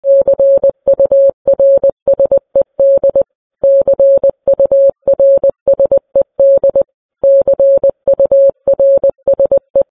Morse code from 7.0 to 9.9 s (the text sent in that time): CURSE